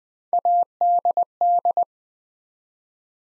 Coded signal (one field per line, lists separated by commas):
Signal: Morse code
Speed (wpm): 20 wpm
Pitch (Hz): 700 Hz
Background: none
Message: ADD